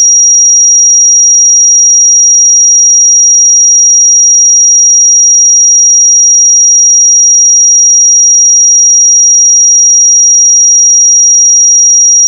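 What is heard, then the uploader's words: A pure 5709 Hz sine tone holds perfectly steady and bright for the full twelve seconds, unchanging in level, with nothing else audible. 5709 Hz 1 Hz Interval Sine Pure Tone Frequency 441000 Sample Mono.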